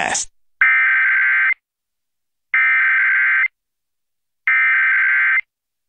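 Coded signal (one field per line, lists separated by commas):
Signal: Emergency Alert System (SAME) tones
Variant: header bursts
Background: speech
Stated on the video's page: Required Weekly Test relayed by an FM station in Spokane, recorded from its online live stream.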